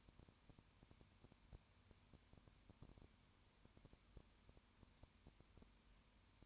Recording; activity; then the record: daily activity, microphone in the room; no activity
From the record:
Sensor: 2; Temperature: 20.8 degrees Celsius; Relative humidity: 38.3%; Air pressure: 1010.4 hPa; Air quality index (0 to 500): 200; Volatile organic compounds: 19 ppm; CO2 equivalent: 2655 ppm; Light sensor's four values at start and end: 2/3/2/2 and 2/3/2/2